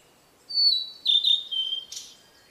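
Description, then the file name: Blue-and-white flycatcher song: a clear high whistle sliding down, two short linked whistles, a lower drawn-out note, then a brief harsh burst. "oruri"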